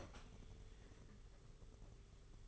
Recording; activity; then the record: daily activity, microphone in the room; open fridge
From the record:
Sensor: 4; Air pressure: 991.8 hPa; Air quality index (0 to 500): 103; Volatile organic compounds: 13 ppm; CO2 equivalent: 2420 ppm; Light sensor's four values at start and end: 20/67/25/25 and 20/65/24/24